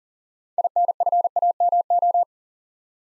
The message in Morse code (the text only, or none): INFAMO